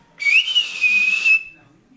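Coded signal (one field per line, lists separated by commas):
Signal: whistled language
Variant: Silbo Gomero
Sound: a single gliding whistle rising then falling, about one second long, with breathy hiss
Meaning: The whistled name Tracy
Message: Tracy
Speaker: she's also good at names Okay can you do Tracy Tracy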